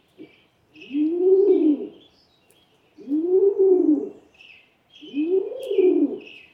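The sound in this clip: Rock pigeon song: three long throaty coos rising and falling in pitch, evenly spaced about two seconds apart, with soft chirping birds in the background.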